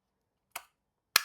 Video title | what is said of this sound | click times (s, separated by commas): HIKVISION Conventional Fire Alarm System Dry Run - Zone Wiring, Detectors & Evacuation Test | When you push, you hear the click. | 1.2 s